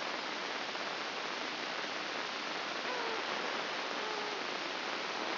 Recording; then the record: brain microelectrode recording played as sound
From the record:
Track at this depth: inside the subthalamic nucleus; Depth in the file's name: 6.261 mm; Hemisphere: left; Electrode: 2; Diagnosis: Parkinson's disease